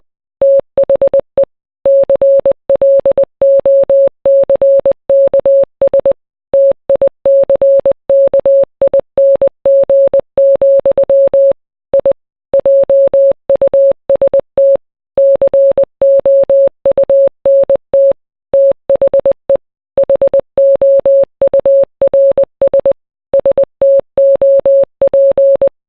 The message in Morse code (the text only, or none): THE CLOCKS TICKING, I JUST COUNT THE HOURS STOP